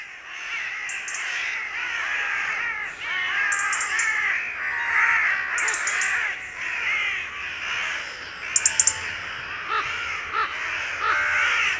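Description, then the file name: Carrion crows keep up a harsh, continuous cawing chorus, overlapping rasping calls throughout, with a few short sharp clicks partway through. "Corvus corone"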